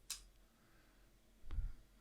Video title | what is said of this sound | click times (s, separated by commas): Nikon Z50 beginners guide | and you can hear a very clear sound it says click | 0.1 s